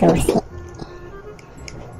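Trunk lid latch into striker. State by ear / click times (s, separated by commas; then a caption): seated / 1.7 s. Someone talks briefly at the start, then a trunk lid is pushed shut during a test of the trunk latch and actuator. The lid latch catches into the striker with a sharp click at 1.7 s, and the trunk is latched closed.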